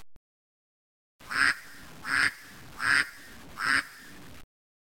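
Duck giving four loud, rasping quacks in an even series, each swelling slightly, spaced roughly 0.75 seconds apart, with silence before and after.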